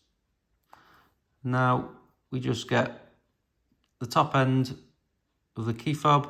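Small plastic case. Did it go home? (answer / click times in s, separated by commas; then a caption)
yes / 0.7 s. During a battery replacement on a Ford Focus, Mondeo or Fiesta key fob, the second half of the plastic case is pressed onto the first half after the coin cell is fitted. A single sharp click at 0.7 s shows the case half seated in place, and then someone talks.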